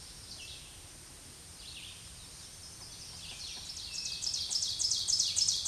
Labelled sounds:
Ovenbird (Seiurus aurocapilla) song
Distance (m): 20 m
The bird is about 5 m above the microphone
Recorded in a Pennsylvania forest on 16 May 2024 at 07:05
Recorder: AudioMoth, point MSD-2083
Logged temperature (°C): 16.7 °C
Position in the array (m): 147 m, 5 m

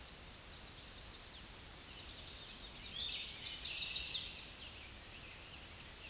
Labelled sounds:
Chestnut-sided Warbler (Setophaga pensylvanica) song
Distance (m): 15 m
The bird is about level with the microphone
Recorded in a Pennsylvania forest on 16 May 2024 at 07:24
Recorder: AudioMoth, point MSD-0178
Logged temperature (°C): 15.3 °C
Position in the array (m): 77 m, 69 m

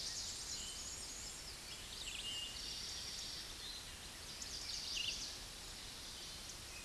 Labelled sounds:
Red-eyed Vireo (Vireo olivaceus) song
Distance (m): 75 m
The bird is about 15 m above the microphone
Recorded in a Pennsylvania forest on 16 May 2024 at 08:01
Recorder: AudioMoth, point MSD-2061
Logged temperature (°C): 16.1 °C
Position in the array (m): 171 m, 139 m

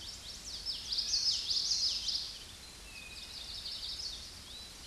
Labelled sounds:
Common Yellowthroat (Geothlypis trichas) song
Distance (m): 25 m
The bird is about 5 m above the microphone
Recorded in a Pennsylvania forest on 16 May 2024 at 08:25
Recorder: AudioMoth, point MSD-2061
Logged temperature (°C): 16.1 °C
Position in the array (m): 246 m, 171 m

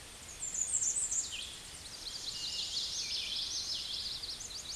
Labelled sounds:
Common Yellowthroat (Geothlypis trichas) song
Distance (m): 25 m
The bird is about 5 m above the microphone
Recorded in a Pennsylvania forest on 16 May 2024 at 08:01
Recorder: AudioMoth, point MSD-2453
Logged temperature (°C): 16.3 °C
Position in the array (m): 226 m, 181 m

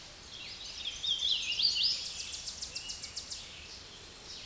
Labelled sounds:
Hooded Warbler (Setophaga citrina) song
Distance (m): 20 m
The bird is about level with the microphone
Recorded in a Pennsylvania forest on 16 May 2024 at 08:17
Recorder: AudioMoth, point MSD-2305
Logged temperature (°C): 16.9 °C
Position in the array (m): 55 m, 173 m

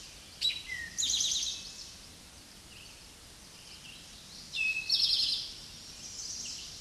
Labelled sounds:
Eastern Towhee (Pipilo erythrophthalmus) song
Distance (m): 5 m
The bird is about 5 m above the microphone
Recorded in a Pennsylvania forest on 16 May 2024 at 06:09
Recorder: AudioMoth, point MSD-2166
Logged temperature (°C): 16.3 °C
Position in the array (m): 109 m, 6 m

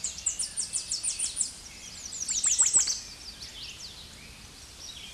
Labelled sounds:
American Redstart (Setophaga ruticilla) song
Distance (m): 15 m
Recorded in a Pennsylvania forest on 16 May 2024 at 06:53
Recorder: AudioMoth, point MSD-0827
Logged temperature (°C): 12.1 °C
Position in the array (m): 118 m, 204 m

